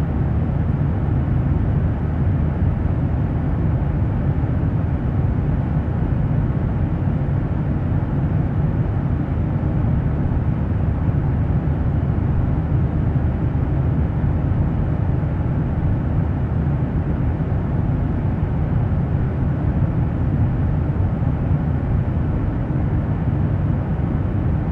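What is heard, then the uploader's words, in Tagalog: Airplane cabin noise drones steadily throughout, a dense, unchanging roar weighted heavily toward the low end with a deep rumble underneath. No distinct events break the sound; it stays constant, with only a soft hiss above the engine drone. White Noise ng Eroplano sa First Class. Lumilipad ka sa isang first class na panggabing flight. Ang nirekord na tunog ng eroplano na ito.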